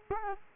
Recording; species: mosquito wingbeat signal from an infrared sensor; Culex quinquefasciatus